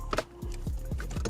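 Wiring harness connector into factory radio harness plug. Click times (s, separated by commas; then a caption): 0.1 s. A supplied HON3 vehicle-specific cable connector for a VLine wireless CarPlay and Android Auto install in a 2014–2020 Acura TLX is pushed into the factory radio harness plug. The plastic latch gives a sharp click at 0.1 s, followed by further handling noises. The connector is seated.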